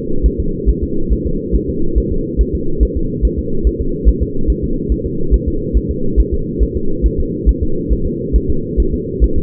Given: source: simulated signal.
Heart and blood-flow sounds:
fetal heart sounds
0.26 s: S1
0.40 s: S2
0.69 s: S1
0.83 s: S2
1.13 s: S1
1.27 s: S2
1.55 s: S1
1.69 s: S2
1.98 s: S1
2.12 s: S2
2.41 s: S1
2.55 s: S2
2.83 s: S1
2.97 s: S2
3.25 s: S1
3.39 s: S2
3.67 s: S1
3.81 s: S2
4.08 s: S1
4.22 s: S2
4.50 s: S1
4.64 s: S2
4.92 s: S1
5.06 s: S2
5.34 s: S1
5.48 s: S2
5.77 s: S1
5.91 s: S2
6.20 s: S1
6.34 s: S2
6.63 s: S1
6.77 s: S2
7.06 s: S1
7.20 s: S2
7.49 s: S1
7.63 s: S2
7.93 s: S1
8.07 s: S2
8.36 s: S1
8.50 s: S2
8.80 s: S1
8.94 s: S2
9.24 s: S1
9.38 s: S2
From the record:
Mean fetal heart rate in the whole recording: 140 bpm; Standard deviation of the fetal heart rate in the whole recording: 2 bpm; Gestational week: 34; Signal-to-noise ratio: -8.1 dB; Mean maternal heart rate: 72 bpm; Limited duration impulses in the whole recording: absent

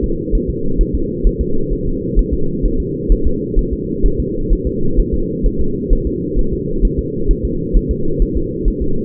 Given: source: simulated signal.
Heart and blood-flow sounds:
fetal heart sounds
0.04 s: S2
0.35 s: S1
0.50 s: S2
0.81 s: S1
0.95 s: S2
1.27 s: S1
1.41 s: S2
1.73 s: S1
1.87 s: S2
2.19 s: S1
2.33 s: S2
2.66 s: S1
2.80 s: S2
3.12 s: S1
3.27 s: S2
3.59 s: S1
3.73 s: S2
4.06 s: S1
4.20 s: S2
4.53 s: S1
4.67 s: S2
5.00 s: S1
5.14 s: S2
5.46 s: S1
5.61 s: S2
5.93 s: S1
6.07 s: S2
6.39 s: S1
6.53 s: S2
6.85 s: S1
6.99 s: S2
7.31 s: S1
7.45 s: S2
7.76 s: S1
7.91 s: S2
8.22 s: S1
8.37 s: S2
8.68 s: S1
8.82 s: S2
From the record:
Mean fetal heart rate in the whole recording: 130 bpm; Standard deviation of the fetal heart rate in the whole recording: 2 bpm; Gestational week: 38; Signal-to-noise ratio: -8.1 dB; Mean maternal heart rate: 72 bpm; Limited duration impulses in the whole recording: absent

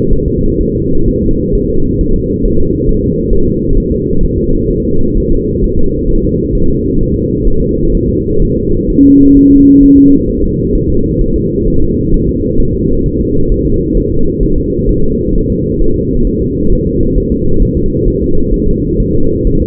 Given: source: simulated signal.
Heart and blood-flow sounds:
fetal heart sounds
0.13 s: S1
0.28 s: S2
0.61 s: S1
0.75 s: S2
1.08 s: S1
1.23 s: S2
1.55 s: S1
1.70 s: S2
2.01 s: S1
2.16 s: S2
2.45 s: S1
2.60 s: S2
2.89 s: S1
3.04 s: S2
3.33 s: S1
3.48 s: S2
3.78 s: S1
3.92 s: S2
4.23 s: S1
4.38 s: S2
4.70 s: S1
4.85 s: S2
5.17 s: S1
5.32 s: S2
5.64 s: S1
5.79 s: S2
6.10 s: S1
6.25 s: S2
6.55 s: S1
6.70 s: S2
7.01 s: S1
7.16 s: S2
7.48 s: S1
7.62 s: S2
7.95 s: S1
8.09 s: S2
8.42 s: S1
8.57 s: S2
8.90 s: S1
9.05 s: S2
9.37 s: S1
9.52 s: S2
9.83 s: S1
9.98 s: S2
10.29 s: S1
10.44 s: S2
10.75 s: S1
10.90 s: S2
11.21 s: S1
11.36 s: S2
11.68 s: S1
11.82 s: S2
12.14 s: S1
12.29 s: S2
12.60 s: S1
12.75 s: S2
13.06 s: S1
13.21 s: S2
13.52 s: S1
13.66 s: S2
13.97 s: S1
14.12 s: S2
14.43 s: S1
14.58 s: S2
14.89 s: S1
15.04 s: S2
15.35 s: S1
15.50 s: S2
15.81 s: S1
15.96 s: S2
16.27 s: S1
16.42 s: S2
16.73 s: S1
16.87 s: S2
17.17 s: S1
17.32 s: S2
17.62 s: S1
17.77 s: S2
18.08 s: S1
18.22 s: S2
18.54 s: S1
18.68 s: S2
19.00 s: S1
19.15 s: S2
19.47 s: S1
19.62 s: S2
From the record:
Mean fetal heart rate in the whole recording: 130 bpm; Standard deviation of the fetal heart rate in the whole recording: 4 bpm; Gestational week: 38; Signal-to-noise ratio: -17.7 dB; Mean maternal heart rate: 72 bpm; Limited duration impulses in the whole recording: present

